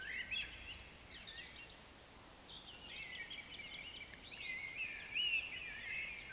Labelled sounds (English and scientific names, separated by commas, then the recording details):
Eurasian Woodcock (Scolopax rusticola) whistle, Eurasian Woodcock (Scolopax rusticola) croak
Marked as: whistle, croak, whistle, croak, whistle
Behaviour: display flight
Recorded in Baden-Württemberg, Germany, on 20 May 2021 at 19:19 UTC
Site 24606, 635 m above sea level